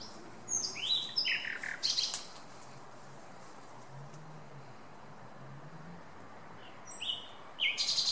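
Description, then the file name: Common nightingale song: short bursts of varied whistles and sharp notes, a quiet pause of several seconds, then further brief bursts. "Luscinia megarhynchos"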